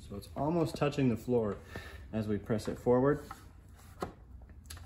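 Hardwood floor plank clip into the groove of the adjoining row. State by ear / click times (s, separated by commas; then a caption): partly seated / 4.0 s, 4.7 s. Someone talks while a solid hardwood floor plank, held at a shallow angle almost touching the floor, is pushed forward so its groove goes over the tongue and metal clips of the laid row. A sharp click comes at 4.0 s and a second at 4.7 s as the top seams close. The plank is only partly caught and still has to be pressed down the rest of the way.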